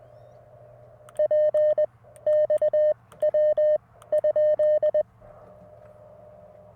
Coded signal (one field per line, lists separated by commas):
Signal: Morse code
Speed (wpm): 20 wpm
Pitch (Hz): 590 Hz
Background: none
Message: P XW ?